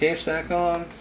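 Someone talks while the plastic back case of an Asus / Google Nexus 7 (2012) tablet is being lined up and handled to go back onto the tablet body. The case has not snapped or seated yet, and no clicks are heard.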